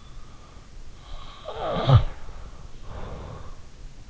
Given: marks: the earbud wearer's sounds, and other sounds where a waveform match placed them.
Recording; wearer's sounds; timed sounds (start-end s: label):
sounds in sleep by an in-ear microphone; snoring breath
1.03-3.56 s: snoring breath